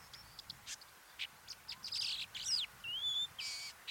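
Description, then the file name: Long-tailed shrike producing rough, buzzy rasps interleaved with thin clicks and a couple of smooth whistles in a rapid, irregular burst. "Ruud van Beusekom - Dlinnohvostyj sorokoput Lanius schach"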